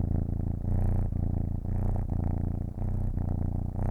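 Cat giving a deep, even purr, the rumble swelling and easing in short breath-length pulses throughout.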